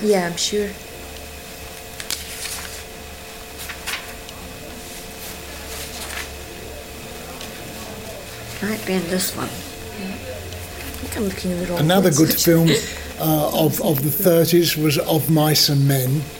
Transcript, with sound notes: Yeah, I'm sure.
Might be in this one.
Think I'm looking in the wrong place. [laughs]
Another good film of the thirties was Of Mice and Men.